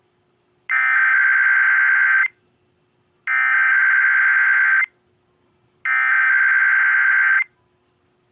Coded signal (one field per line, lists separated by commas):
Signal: Emergency Alert System (SAME) tones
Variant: header bursts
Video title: 5/8/22 Mother's Day KDKA RWT EAS #184